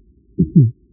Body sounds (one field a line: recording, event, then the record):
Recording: neck accelerometer signal played as sound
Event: voluntary cough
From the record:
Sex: female